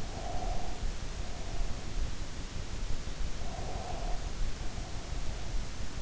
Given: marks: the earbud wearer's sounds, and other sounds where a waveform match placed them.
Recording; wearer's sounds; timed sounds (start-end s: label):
sounds in sleep by an in-ear microphone; breath
0.00-2.11 s: breath
3.35-5.56 s: breath